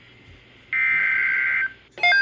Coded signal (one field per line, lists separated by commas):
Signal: Emergency Alert System (SAME) tones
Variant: header bursts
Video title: EAS #163 - Tornado Watch